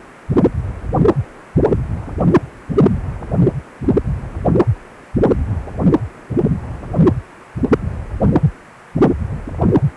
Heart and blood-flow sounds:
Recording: Doppler ultrasound of blood flow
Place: precordium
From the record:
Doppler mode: continuous wave and pulsed wave in the uncut recording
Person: healthy adult, 18 to 50 years, no heart murmur, not diving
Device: 2.5 MHz transducer

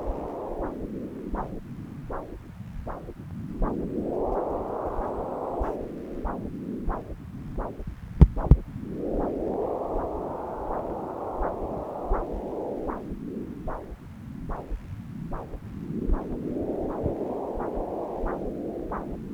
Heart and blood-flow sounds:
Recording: Doppler ultrasound of blood flow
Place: left subclavian vein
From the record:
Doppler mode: continuous wave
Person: adult scuba diver, at rest before a dive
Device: O'Dive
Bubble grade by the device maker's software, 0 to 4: 0

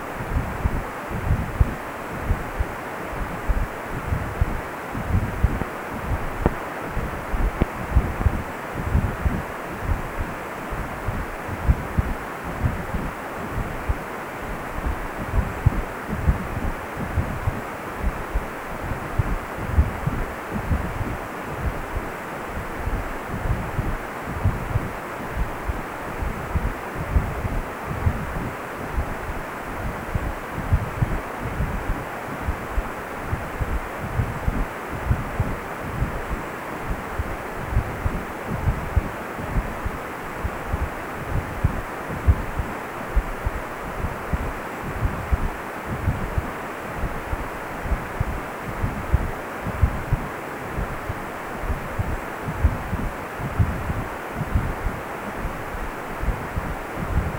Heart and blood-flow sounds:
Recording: Doppler ultrasound of blood flow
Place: precordium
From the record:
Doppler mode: continuous wave and pulsed wave in the uncut recording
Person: healthy adult, 18 to 50 years, no heart murmur, not diving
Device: 2.5 MHz transducer

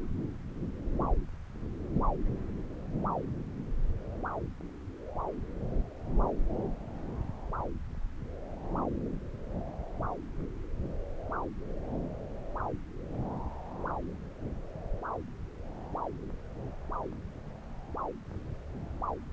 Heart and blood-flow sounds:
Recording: Doppler ultrasound of blood flow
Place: left subclavian vein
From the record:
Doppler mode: continuous wave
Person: adult scuba diver, at rest before a dive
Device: O'Dive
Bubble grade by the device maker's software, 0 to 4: 0

